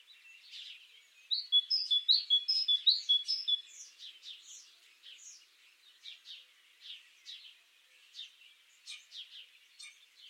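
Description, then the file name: Great tit song: a quick run of several bright two-note phrases, high then lower, repeated in a steady rhythm, followed by softer scattered chirps. "Parus major"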